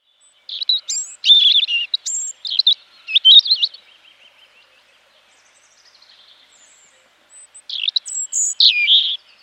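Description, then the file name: European robin delivering warbled song: quick high twittering phrases with slurred whistles, a faint fading trill, a long quiet gap, then a fresh burst of high notes. "Erithacus rubecula"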